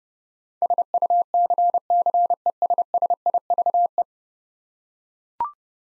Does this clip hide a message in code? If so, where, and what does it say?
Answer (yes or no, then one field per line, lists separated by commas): yes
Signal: Morse code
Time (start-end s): 0.6-4.0 s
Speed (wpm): 32 wpm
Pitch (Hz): 700 Hz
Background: none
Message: SUCCESSIVE